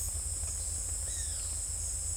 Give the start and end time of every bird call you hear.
[1.04, 1.47] bird call

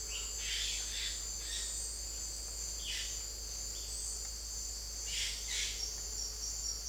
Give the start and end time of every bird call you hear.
[0.00, 1.87] bird call
[2.79, 3.20] bird call
[4.96, 5.93] bird call

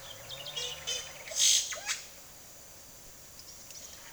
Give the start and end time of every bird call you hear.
[0.15, 1.98] bird call
[3.29, 3.97] bird call

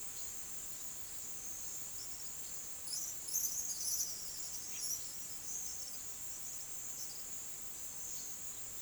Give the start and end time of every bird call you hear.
[2.75, 7.66] bird call

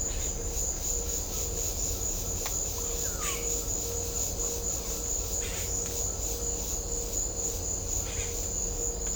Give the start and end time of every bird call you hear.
[3.04, 3.44] bird call
[5.39, 5.67] bird call

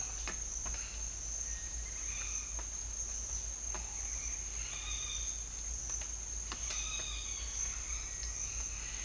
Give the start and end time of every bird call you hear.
[1.46, 2.58] bird call
[4.69, 5.31] bird call
[6.65, 7.55] bird call

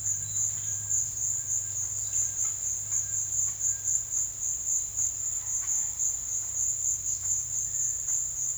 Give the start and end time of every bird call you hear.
[0.00, 4.04] bird call

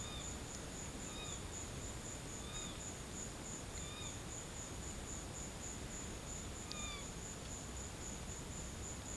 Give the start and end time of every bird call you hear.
[0.00, 0.33] bird call
[1.07, 1.40] bird call
[2.40, 2.86] bird call
[3.75, 4.19] bird call
[6.72, 7.03] bird call

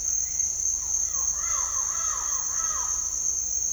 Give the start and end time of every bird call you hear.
[0.16, 2.97] bird call

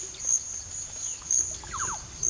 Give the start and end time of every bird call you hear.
[1.69, 1.99] bird call

